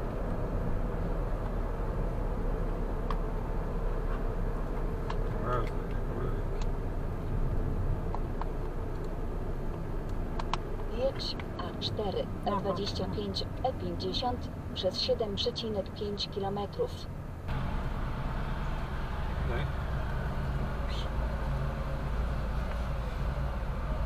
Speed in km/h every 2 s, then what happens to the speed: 52, 48, 46, 40, 39, 37, 28, 4, 5, 0, 0, 0.
0-17 slows to 0. 17-24 standing.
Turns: none.